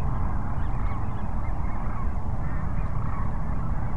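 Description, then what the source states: Short burst of sandhill crane flock calling, dense overlapping rattling bugles over a constant low rumble. Several cranes at Cochise Lakes on 30 January 2019.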